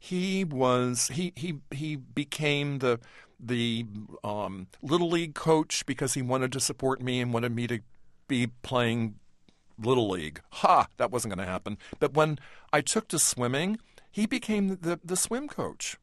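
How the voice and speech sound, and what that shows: An adult man speaks in a mostly fluent, steady mid-pitched voice. He has a few disfluencies: a drawn-out, repeated vowel early on, a stretched filler before a phrase, and a quick word repeat near the end. These mild breaks are what remains of a stutter that was once very debilitating.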